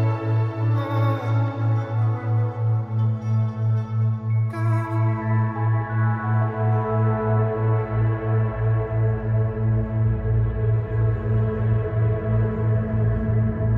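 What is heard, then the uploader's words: A Delta Wave binaural beat drones low and steady with a slow regular pulse, under layered sustained tones that shift around five seconds. A duet between a Delta Wave binaural beat.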